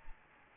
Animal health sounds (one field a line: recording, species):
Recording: mosquito wingbeat signal from an infrared sensor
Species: Aedes albopictus